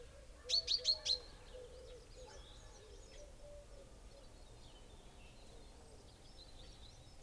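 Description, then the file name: Common chaffinch calls: four quick, bright chipping notes in a row at the start, followed by faint scattered chirps and a soft low background chorus. "Fringilla coelebs"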